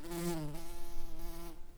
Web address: Pratorum queens